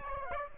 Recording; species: mosquito wingbeat signal from an infrared sensor; Aedes aegypti